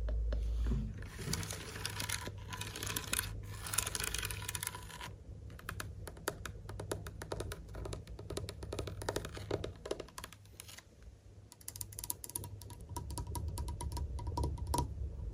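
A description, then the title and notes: Lens tapping and scratching: rapid, dense clicks and scrapes in uneven bursts, busiest in the first five seconds and again after eleven. A steady low hum sits underneath throughout, with a brief thump right at the start and a quieter stretch around ten seconds. Lens Tapping & Scratching in Berlin.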